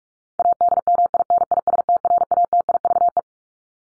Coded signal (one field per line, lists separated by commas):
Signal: Morse code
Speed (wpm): 44 wpm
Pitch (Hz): 700 Hz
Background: none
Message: ADMINISTRATIVE